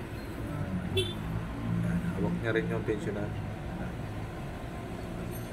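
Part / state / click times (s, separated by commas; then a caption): cam chain tensioner in a scooter engine cylinder / not seated / none. During a top-end strip of a scooter engine, someone holds the cam chain tensioner in the cylinder; it should lock when turned clockwise but does not. Someone talks over a steady low hum, with no click heard. The tensioner has not locked or clicked yet.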